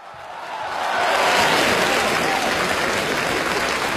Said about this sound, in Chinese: 谢谢敬爱的观众对我们的厚爱啊。 哎呀，掌声太热烈了。